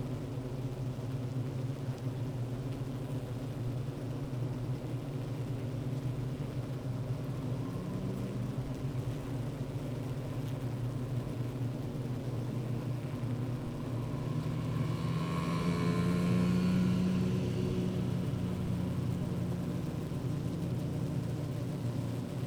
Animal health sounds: honeybee colony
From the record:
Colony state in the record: active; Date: 28 July 2017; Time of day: 15:17

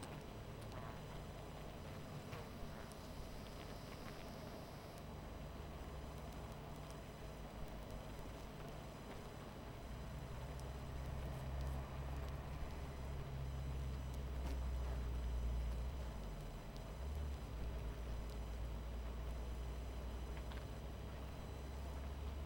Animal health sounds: honeybee colony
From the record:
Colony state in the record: missing queen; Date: 14 July 2017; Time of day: 22:42

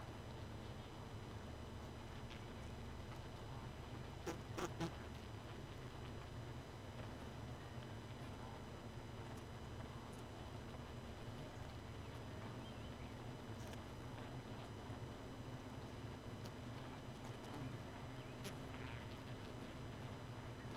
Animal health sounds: honeybee colony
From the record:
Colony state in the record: missing queen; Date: 31 May 2018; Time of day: 2:44

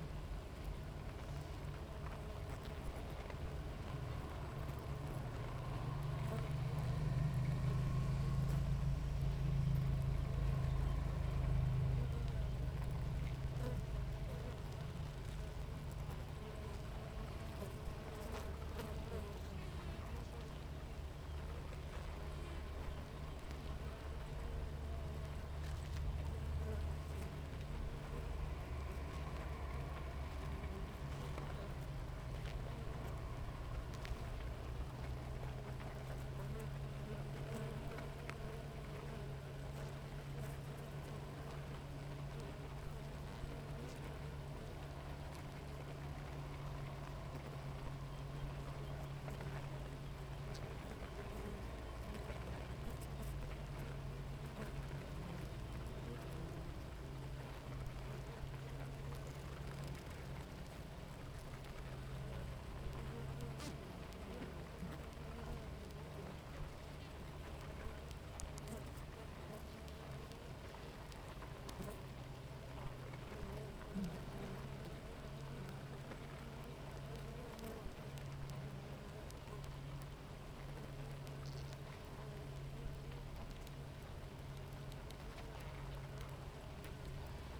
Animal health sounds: honeybee colony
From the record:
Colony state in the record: active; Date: 28 July 2017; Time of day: 7:23

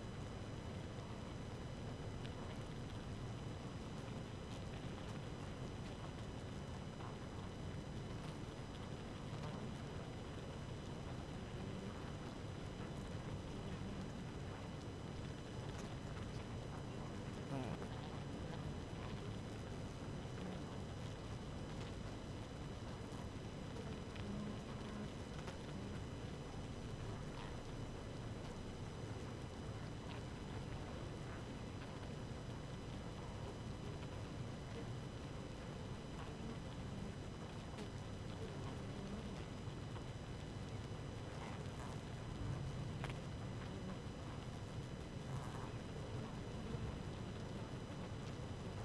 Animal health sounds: honeybee colony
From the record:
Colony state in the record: active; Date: 12 June 2018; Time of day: 4:07

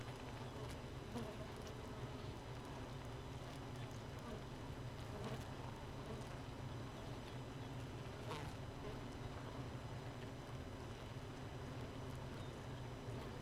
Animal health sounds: honeybee colony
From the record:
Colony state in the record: missing queen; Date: 31 May 2018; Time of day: 4:50

